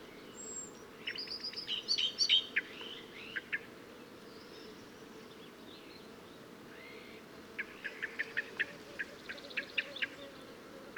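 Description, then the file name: Common blackbird call series: a brief burst of bright chattering notes early on, then a pause, then spaced sharp ticking chinks repeated irregularly over faint background hiss. "Turdus merula"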